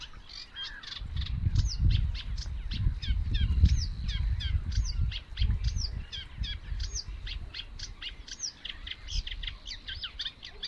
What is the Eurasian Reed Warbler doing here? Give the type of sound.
song